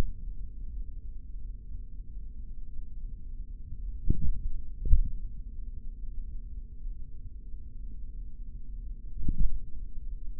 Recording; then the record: forearm muscle sounds (acoustic myography)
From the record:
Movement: tripod grip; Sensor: system 3, bracelet of six PUI Audio POM-2738L microphones around the upper forearm, with dedicated amplification and filtering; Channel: 3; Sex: male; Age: 26 years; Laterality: right